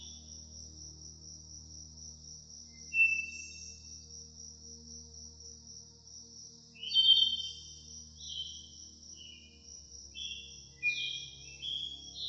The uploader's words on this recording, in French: Le Son des OISEAUX, la MUSIQUE Douce. Le son authentique des oiseaux se mêle à une musique douce.